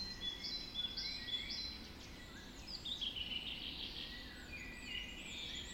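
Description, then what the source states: Birds in a dawn chorus, high thin whistles and twittering phrases from several singers, repeated in short bursts over a steady low background noise. Dawn chorus recorded just after dawn in the Forest of Dean.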